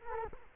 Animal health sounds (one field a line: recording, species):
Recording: mosquito wingbeat signal from an infrared sensor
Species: Culex quinquefasciatus